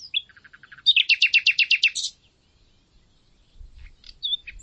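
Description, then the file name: Common nightingale song: soft low notes lead into a fast run of about ten loud repeated chirps, then a few scattered notes and faint rumble. "Luscinia megarhynchos"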